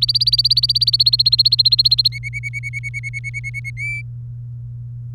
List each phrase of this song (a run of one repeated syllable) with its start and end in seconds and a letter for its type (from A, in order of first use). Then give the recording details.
0.00-2.08 A, 2.11-3.70 B, 3.77-4.02 C. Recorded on 27 April 2018 at 17:27. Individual llb3